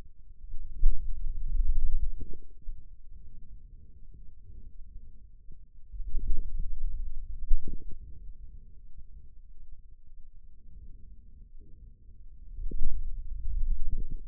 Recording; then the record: forearm muscle sounds (acoustic myography)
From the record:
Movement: hand closing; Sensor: system 2, bracelet of six BSWA MPA416 microphones around the upper forearm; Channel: 1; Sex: male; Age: 22 years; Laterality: right